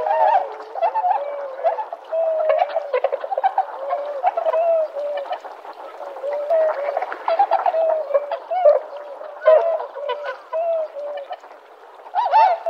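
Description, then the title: Tundra swans calling together, a steady babble of low, wavering hoots and occasional louder bugled notes rising above the flock. Sugao marsh, Ibaraki Prefecture, Japan. "菅生沼（茨城県）のコハクチョウ"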